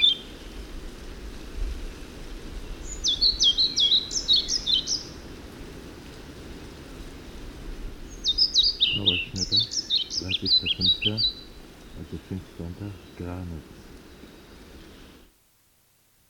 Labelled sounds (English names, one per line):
European Pied Flycatcher song